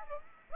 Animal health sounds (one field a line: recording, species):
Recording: mosquito wingbeat signal from an infrared sensor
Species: Aedes aegypti